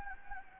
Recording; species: mosquito wingbeat signal from an infrared sensor; Anopheles gambiae